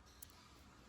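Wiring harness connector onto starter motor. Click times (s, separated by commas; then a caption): 0.2 s. On a 2020 BMW X5 during a starter replacement, the wiring harness electrical connector is pushed back onto the starter motor. A single sharp, short click stands out at 0.2 s over a low, steady background hum. The click confirms the connector is seated on the starter.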